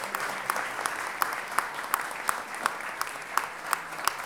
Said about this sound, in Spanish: un aplauso grande porque